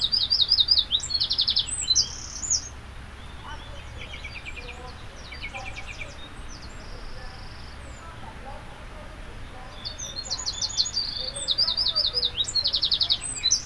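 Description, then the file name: Eurasian wren song: a loud burst of rapid, very high trills and sharp chattering notes, a quieter stretch, then another bright trilling outburst near the end. "Troglodytes troglodytes"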